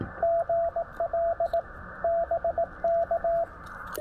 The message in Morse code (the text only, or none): GL BK